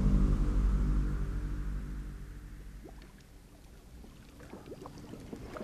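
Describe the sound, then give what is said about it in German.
A small boat's motor drones with a low, steady hum that gradually fades, giving way to gentle water lapping and splashing against the hull. No voices. “Wie einen kostbaren Schatz hielt er es umklammert, als ein kleines Boot die Insel erreichte.”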